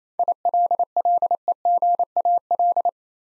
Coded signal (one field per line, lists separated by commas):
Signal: Morse code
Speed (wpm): 29 wpm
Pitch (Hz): 700 Hz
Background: none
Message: ILLEGAL